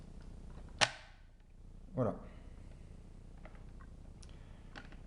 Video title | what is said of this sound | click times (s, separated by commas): Test Rasoir BRAUN Séries 9 9280cc | on devrait entendre un déclic | 0.8 s